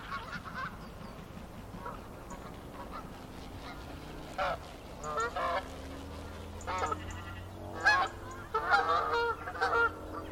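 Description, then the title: Goose: geese honking in scattered bursts, quiet at first and then a louder cluster of nasal calls toward the end, with a low rumbling hum beneath. Geese in gaggles in fields by the River Thame, England, UK, morning of 23 September 2023, excited by floodwater across the meadows. "Gaggles of geese, River Thame, England, UK on 23rd September 2023 – by Paul Ridout"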